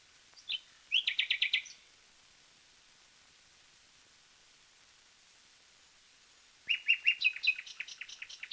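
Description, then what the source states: Common nightingale song: a brief buzzy rapid phrase, a long silence, then a clattering series of repeated, varied notes. From a 1936 disc of wild bird songs, side A.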